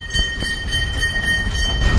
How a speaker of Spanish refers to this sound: Los modernos camiones recolectores encienden sus motores a las 6 de la mañana para iniciar su recorrido por los barrios de la ciudad de Matagalpa.